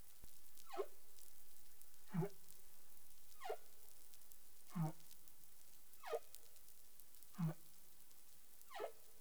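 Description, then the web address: Humpback whale calls: short downsweeping units repeated at a steady pace, seven in all, above a constant background hiss. Recorded in the Caribbean on 20 April 2021 at 03:44 UTC. "CARIMAM. humpback whale"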